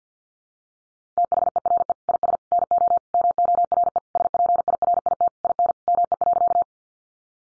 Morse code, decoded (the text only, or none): THERE IS NO MORE SPIRIT IN ME.